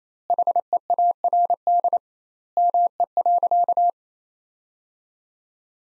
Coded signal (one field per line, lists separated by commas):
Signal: Morse code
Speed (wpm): 27 wpm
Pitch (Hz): 700 Hz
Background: none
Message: HEARD ME.